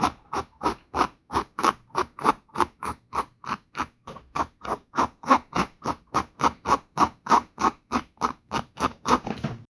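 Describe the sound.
Amphibian calling with short croaking pulses repeated steadily about three times a second throughout, with no other clear sounds.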